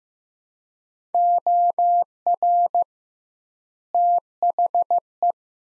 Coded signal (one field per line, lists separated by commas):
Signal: Morse code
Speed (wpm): 15 wpm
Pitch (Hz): 700 Hz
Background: none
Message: OR THE